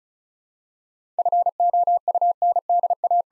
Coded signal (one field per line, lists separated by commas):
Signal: Morse code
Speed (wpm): 36 wpm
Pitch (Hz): 700 Hz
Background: none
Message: FOUNDA